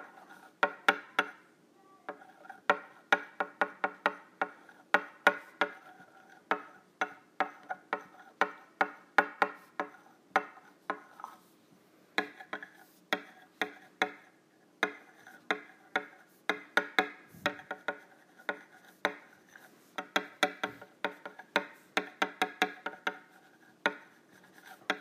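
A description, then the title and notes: Metal straws click and tap in quick, uneven bursts, each sharp strike ringing briefly, with short quiet gaps scattered throughout. ASMR Using Metal Straws.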